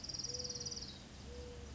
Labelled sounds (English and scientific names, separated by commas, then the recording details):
Mourning Dove (Zenaida macroura)
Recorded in Sonoma County, California